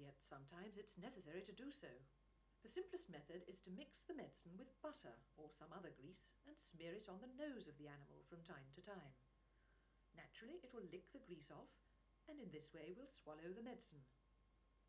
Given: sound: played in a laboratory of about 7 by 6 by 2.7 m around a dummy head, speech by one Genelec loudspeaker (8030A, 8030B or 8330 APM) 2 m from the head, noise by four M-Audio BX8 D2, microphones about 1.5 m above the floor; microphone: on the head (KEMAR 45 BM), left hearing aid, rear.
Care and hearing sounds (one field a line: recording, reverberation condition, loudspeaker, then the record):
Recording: female speech in English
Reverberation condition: low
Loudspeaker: 90 degrees to the left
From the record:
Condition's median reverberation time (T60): about 310 ms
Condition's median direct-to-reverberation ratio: about 3.5 dB